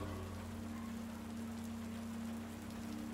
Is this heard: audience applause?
no